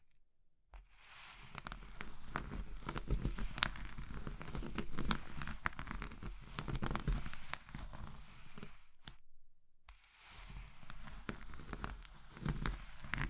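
Soft brittle material such as soap, chalk or meringue is crushed in a steady run of dense, crackling snaps and crumbles. The crunching starts just after a second of quiet, pauses briefly around nine seconds, then resumes with the same gritty texture until the end.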